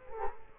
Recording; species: mosquito wingbeat signal from an infrared sensor; Culex quinquefasciatus